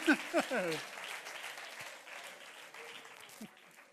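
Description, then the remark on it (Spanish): An audience claps steadily throughout, a dense crackle of many hands that gradually thins. A raised voice calls out briefly over the opening moments. “Un aplauso para los feítos.”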